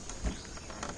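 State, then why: Not seated. A tachometer wiring connector on a Honda CBR 150R/125R is handled and pushed toward its mating harness plug, giving low rustling handling noise with brief taps near 0.1, 0.8 and 1.0 seconds. The connector has not clicked into place yet; nothing has seated.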